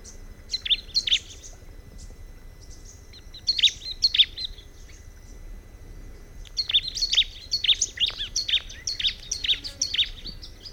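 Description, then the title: Bar-winged prinia singing: several bursts of sharp, high chirping notes, the last phrase longer and more rapid, over faint background hiss. "Ciblek Pro"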